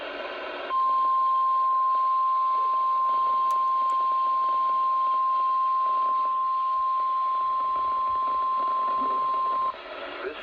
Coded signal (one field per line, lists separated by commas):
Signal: Emergency Alert System (SAME) tones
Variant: 1050 Hz attention tone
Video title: LATE RELAYS AND EPIC FAILS... EAS Tests from 10/4/21-10/27/21 (EAS #759-793)